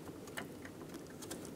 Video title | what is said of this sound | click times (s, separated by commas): How to Replace Center O2 Oxygen Sensor 2000-2007 Ford Focus | push into here a click if you don't hear a click give it a pull back make sure it's locked on | 0.4 s